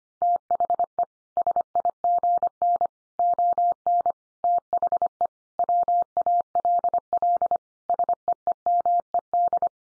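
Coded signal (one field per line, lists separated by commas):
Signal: Morse code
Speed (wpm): 25 wpm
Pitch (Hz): 700 Hz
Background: none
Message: THE SIGN ON THE WALL SEEMED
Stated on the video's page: Morse code sentence head-copy practice at 25 wpm, also offered at speeds from 17 to 50 wpm.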